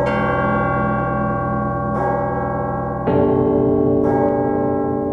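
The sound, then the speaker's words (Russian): Church bells ring continuously in Moscow on an October morning under a blue sky with light frost, a rich, layered peal, new strikes entering roughly every second with bright metallic attacks over a sustained humming resonance. No voices are present. “Колокола звонят, небо голубое, солнце слегка морозит, окно открыто”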